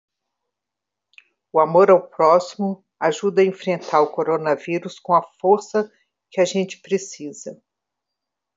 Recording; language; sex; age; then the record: spoken sentence; Brazilian Portuguese; female; 60 to 69 years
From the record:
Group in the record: control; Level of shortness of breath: 0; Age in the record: 64 years